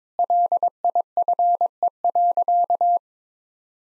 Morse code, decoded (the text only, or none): LIFE.